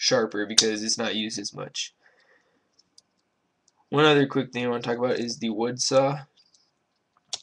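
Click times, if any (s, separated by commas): 7.3 s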